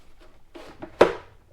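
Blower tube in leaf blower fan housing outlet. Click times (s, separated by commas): 1.0 s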